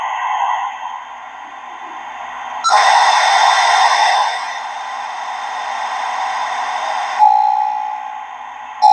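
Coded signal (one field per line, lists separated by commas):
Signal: dial-up modem handshake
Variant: 56k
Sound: steady carrier tones, then loud wideband hissing rush, then a steady tone returns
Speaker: so what the modem is doing right now it's connecting to the internet service provider's modem and they're talking to each other to try to establish a protocol to connect and at what speed to connect at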